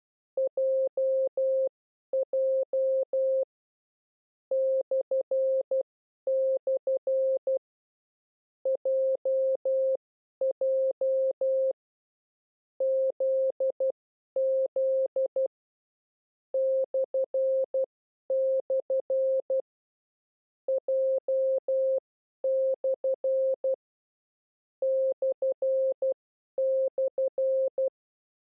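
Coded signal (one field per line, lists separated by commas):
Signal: Morse code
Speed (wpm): 12 wpm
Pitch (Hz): 530 Hz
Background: none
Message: JJ // JJ ZZ // J/ //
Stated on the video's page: Morse code lesson teaching the characters Z, J and /.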